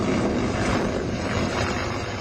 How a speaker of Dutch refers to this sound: Je kan het horen, het geluid is oorverdovend. En om het kwartier of half uur komt er weer eentje voorbij. Een helikopter of een vliegtuig. En toch wonen hier duizenden mensen.